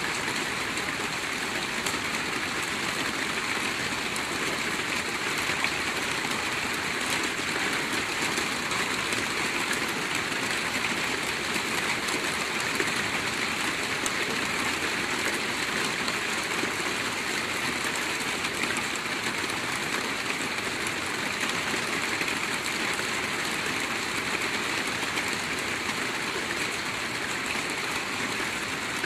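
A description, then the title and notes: Heavy rain falls on a roof in a dense, unbroken hiss that holds steady for the whole half minute. The wash is full and bright, spread evenly from low rumble to high sizzle, with countless fine drops blurring into one constant roar and no distinct events. Heavy Rain Falling on a Roof.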